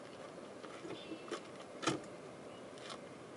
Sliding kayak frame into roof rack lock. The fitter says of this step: now that the kayak is secure and locked into place we'll now install our safety clip